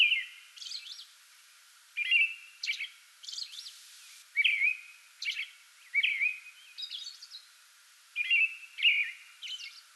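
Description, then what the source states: American robin caroling in repeated whistled phrases with high squeaky add-ons, separated by short gaps. Pre-dawn song bout recorded 8 May 2022.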